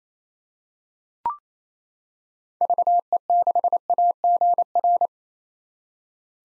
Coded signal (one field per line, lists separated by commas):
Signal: Morse code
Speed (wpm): 28 wpm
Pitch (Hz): 700 Hz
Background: none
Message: VE6AGR